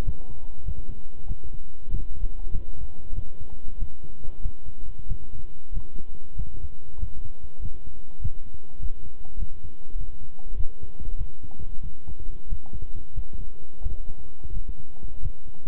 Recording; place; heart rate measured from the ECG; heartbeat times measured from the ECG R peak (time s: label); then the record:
heart sounds by stethoscope; between the tricuspid and mitral areas; 95 bpm
0.03 s: heartbeat
0.64 s: heartbeat
1.26 s: heartbeat
1.89 s: heartbeat
2.50 s: heartbeat
3.13 s: heartbeat
3.77 s: heartbeat
4.41 s: heartbeat
5.06 s: heartbeat
5.72 s: heartbeat
6.35 s: heartbeat
6.98 s: heartbeat
7.60 s: heartbeat
8.20 s: heartbeat
8.78 s: heartbeat
9.37 s: heartbeat
9.96 s: heartbeat
10.55 s: heartbeat
11.16 s: heartbeat
11.80 s: heartbeat
12.47 s: heartbeat
13.13 s: heartbeat
13.81 s: heartbeat
14.52 s: heartbeat
15.20 s: heartbeat
From the record:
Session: walking at 3.7 km/h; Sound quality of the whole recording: good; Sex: male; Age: 26 years